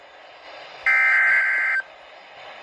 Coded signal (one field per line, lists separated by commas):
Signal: Emergency Alert System (SAME) tones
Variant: header bursts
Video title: EAS #208 Severe Thunderstorm Warning